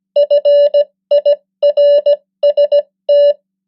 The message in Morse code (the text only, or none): FIRST